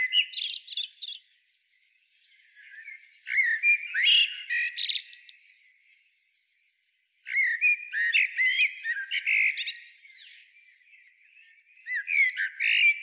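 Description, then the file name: Eurasian blackbird giving bouts of rapid, sharp clicking notes mixed with short squeaky tones, four bursts separated by pauses. "Turdus merula"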